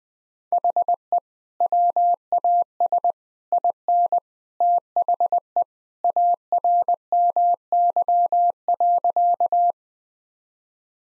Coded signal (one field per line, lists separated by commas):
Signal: Morse code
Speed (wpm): 21 wpm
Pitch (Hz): 700 Hz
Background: none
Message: HE WAS IN THE ARMY.